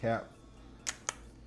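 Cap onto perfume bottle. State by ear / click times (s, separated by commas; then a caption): seated / 1.1 s. A cap is pressed onto a purple glass fragrance bottle while someone talks briefly at the start. A faint tap is heard at 0.9 s, then a short sharp click at 1.1 s as the cap clicks into place, though it is not very secure.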